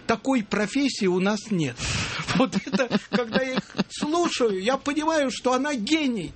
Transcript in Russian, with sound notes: «Такой профессии у нас нет». (смеется) Вот это, когда я их слушаю, я понимаю, что она гений!